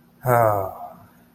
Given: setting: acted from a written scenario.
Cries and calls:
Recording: vocal sound without words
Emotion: serenity

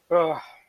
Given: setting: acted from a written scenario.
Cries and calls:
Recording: vocal sound without words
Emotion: shame

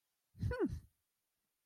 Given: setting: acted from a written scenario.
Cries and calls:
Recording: vocal sound without words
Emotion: interest

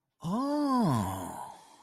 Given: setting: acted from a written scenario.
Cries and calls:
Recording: vocal sound without words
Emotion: realization

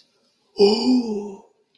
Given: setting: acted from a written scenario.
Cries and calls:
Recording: vocal sound without words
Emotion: amusement

